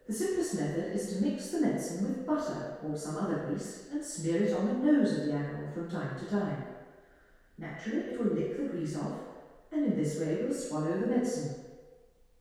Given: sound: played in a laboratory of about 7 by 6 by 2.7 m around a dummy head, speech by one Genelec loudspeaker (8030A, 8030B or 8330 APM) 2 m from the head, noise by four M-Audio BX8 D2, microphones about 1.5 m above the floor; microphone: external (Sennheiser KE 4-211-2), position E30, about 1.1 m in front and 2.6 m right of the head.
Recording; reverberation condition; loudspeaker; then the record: female speech in English; high; 60 degrees to the left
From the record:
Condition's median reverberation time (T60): about 1300 ms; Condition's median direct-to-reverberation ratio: about -4.0 dB